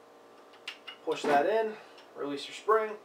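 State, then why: Seated. The slanted plug of a paintball pistol's 10-round magazine tube is pushed into the tube with the widest gap at the bottom, giving a sharp click at 0.7 s as someone talks. The plug is seated in the magazine.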